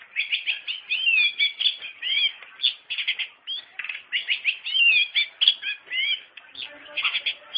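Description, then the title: Long-tailed shrike song, a dense, nonstop jumble of scratchy warbles and quick slurred whistles, varied and hurried throughout. Singing lively (gacor). "Cendet Gacor"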